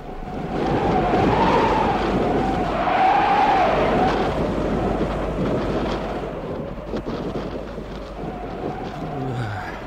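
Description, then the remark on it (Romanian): Heavy rainstorm with thunder: a dense, steady roar of downpour fills the whole clip, with deep rumbling underneath and a wavering, whistling tone rising and falling. No one speaks. “Ce ploaie, potop?”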